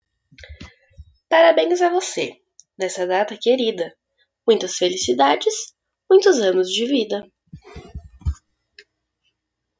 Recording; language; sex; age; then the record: short text; Brazilian Portuguese; female; 20 to 29 years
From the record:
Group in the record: control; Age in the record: 20 years